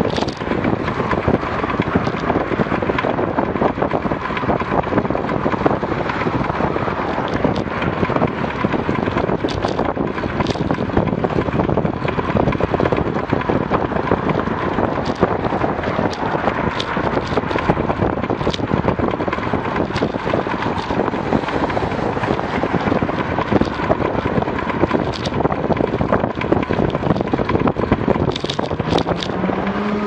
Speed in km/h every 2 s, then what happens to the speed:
39, 36, 33, 33, 35, 35, 35, 34, 36, 32, 35, 35, 35, 36, 35.
0-5 slows to 33. 5-30 steady at about 35.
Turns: none.